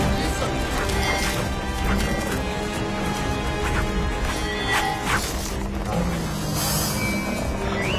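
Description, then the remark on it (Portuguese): An axe smashes repeatedly, with several loud, sharp crashing blows ringing out over a thick, continuous wash of rumbling, noisy background commotion. “É o machado, Will. O machado também é encantado.”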